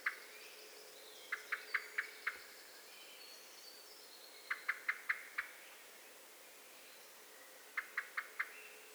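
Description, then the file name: Eurasian blackbird calling with soft clucking notes in short runs of four or five, repeated every few seconds over a faint background hiss. "Turdus merula"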